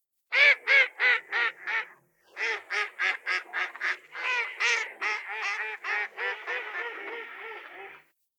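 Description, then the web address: Eastern spot-billed duck giving a run of loud, harsh quacks, about three a second, with a brief pause near two seconds, then continuing and gradually softening. "karugamo"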